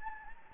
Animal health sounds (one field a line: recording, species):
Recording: mosquito wingbeat signal from an infrared sensor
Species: Anopheles gambiae